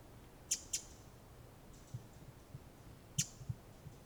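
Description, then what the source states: Pacific wren calls: sharp, high clicking notes, a quick doubled pair, then a single note about two and a half seconds later, over soft low thumps. Recorded in October on a wilderness walk.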